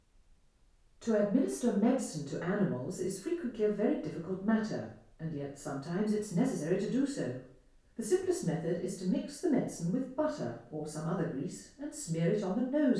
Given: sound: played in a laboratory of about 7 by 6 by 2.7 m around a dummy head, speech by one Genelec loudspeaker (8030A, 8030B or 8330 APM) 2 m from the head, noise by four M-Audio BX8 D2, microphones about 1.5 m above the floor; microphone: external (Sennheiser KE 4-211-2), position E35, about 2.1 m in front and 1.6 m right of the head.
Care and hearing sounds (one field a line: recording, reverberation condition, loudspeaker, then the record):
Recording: female speech in English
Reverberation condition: medium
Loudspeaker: 90 degrees to the right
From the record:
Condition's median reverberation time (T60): about 510 ms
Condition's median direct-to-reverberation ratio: about -0.5 dB